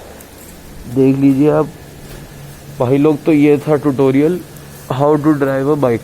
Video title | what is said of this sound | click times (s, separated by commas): How to drive a bike / motorcycle full tutorial | और घुमा दीजिए, लॉक हो जाएगी। | 0.2 s